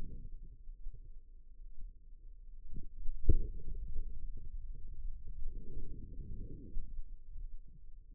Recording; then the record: forearm muscle sounds (acoustic myography)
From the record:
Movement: pen grasping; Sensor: system 2, bracelet of six BSWA MPA416 microphones around the upper forearm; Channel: 4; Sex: female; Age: 25 years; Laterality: right